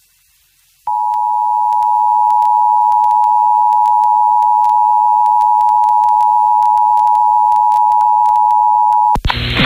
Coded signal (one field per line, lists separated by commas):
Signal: Emergency Alert System (SAME) tones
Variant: 853 and 960 Hz attention tone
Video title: EAS Flash Flood Warning for Texas/Arkansas June 3, 2024